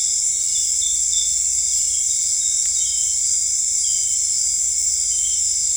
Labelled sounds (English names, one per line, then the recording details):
none
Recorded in dense forest near Puerto Asís, Putumayo, Colombia, on 26 December 2024 at 18:30
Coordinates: 0.485, -76.318
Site GP03